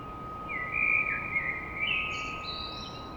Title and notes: Blackbird Poetry At Paris. Enregistrement d'un chant de merle à l'aube dans Paris